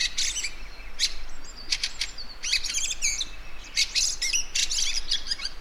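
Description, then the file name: Fieldfare singing in hurried bursts of rasping, chattering notes and brief high whistles, separated by short gaps, with a constant low background noise. "Wacholderdrossel Gesang"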